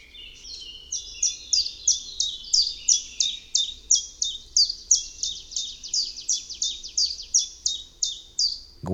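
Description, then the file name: Common chiffchaff singing a long series of sharp, high notes, about twenty-five at a slightly uneven tempo, ending with a sudden click. "Pierwiosnek"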